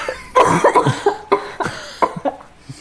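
A quick run of about eight short, voiced cough bursts over under three seconds from an adult man, blended with laughter and uneven in spacing. It is a laughter-triggered cough, a harmless reflex cough set off by laughing, which he has whenever he laughs, with quiet room tone between bursts.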